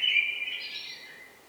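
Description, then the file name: Common blackbird producing a short fluty note with a thinner, higher part over it, fading away. "Turdus merula"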